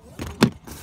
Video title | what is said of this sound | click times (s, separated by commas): 2017 Colorado/canyon hidden tire jack! Very nice. Hidden secret for back seat! | and you have to actually push this button in like that. You'll hear it click | 0.4 s